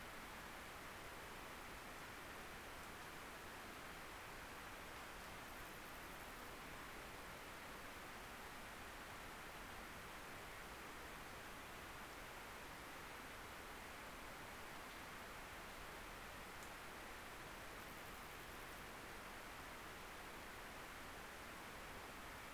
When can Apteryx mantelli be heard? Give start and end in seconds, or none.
none